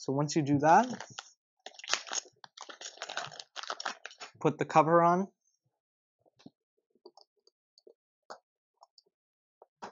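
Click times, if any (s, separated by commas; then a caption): 8.3 s, 9.0 s. The plastic cover of a robot odometry encoder kit is pushed onto the encoder housing over the code disk while someone talks. After the talking stops, small clicks and taps follow, with two snaps at 8.3 s and 9.0 s. The cover is clicked fully into place.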